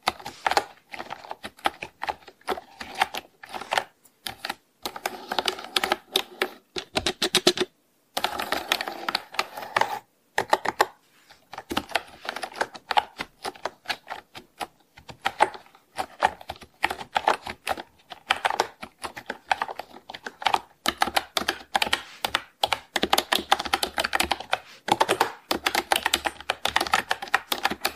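Fast, uneven clacking of a mechanical keyboard, dense bursts of keystrokes with short pauses around eight, eleven and twenty-five seconds.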